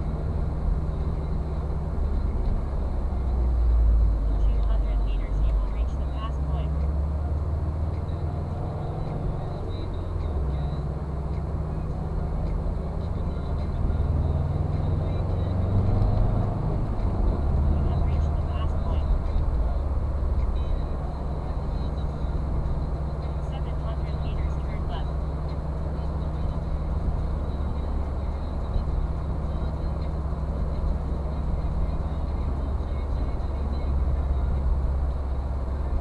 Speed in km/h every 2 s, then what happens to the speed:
41, 42, 30, 29, 36, 40, 43, 50, 57, 59, 55, 55, 55, 57, 56, 56, 54, 53.
2-6 slows to 29. 6-17 speeds up to 59. 17-36 steady at about 55.